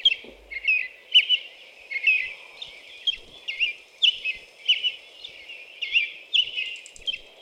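American robin song: long continuous run of whistled caroling phrases, closely and evenly spaced.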